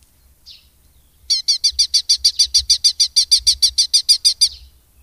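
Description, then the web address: Red-footed falcon giving a rapid, evenly repeated series of many shrill, chattering notes over about three seconds, after a brief faint note. "agykontroll Madardalok Cd 2. Kék vércse"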